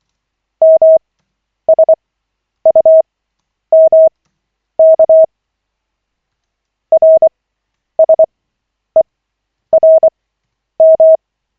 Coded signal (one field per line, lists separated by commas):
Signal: Morse code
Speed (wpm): 24 wpm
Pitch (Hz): 640 Hz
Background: none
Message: MSUMK RSERM